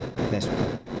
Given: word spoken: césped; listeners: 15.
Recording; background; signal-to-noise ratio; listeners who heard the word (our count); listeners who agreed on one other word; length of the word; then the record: one Spanish word in noise, from a listening test; noise modulated by three-talker babble; -6.1 dB; 3 of 15; 7 of 15; 0.60 s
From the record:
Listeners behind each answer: 7, 3, 2, 1, 1, 1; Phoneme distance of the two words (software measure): 37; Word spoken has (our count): 2 syllables, 6 phonemes, stress on syllable 1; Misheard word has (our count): 3 syllables, 7 phonemes, stress on syllable 1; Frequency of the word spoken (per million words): 7.36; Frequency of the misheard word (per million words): 1.22